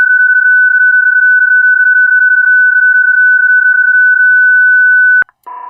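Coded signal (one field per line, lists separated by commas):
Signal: PSK31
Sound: a steady pure whistle near 1.5 kHz for five seconds, then a cut to hiss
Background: radio static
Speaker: including that radio transmission right there. That's my PSK transmission.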